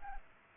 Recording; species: mosquito wingbeat signal from an infrared sensor; Culex pipiens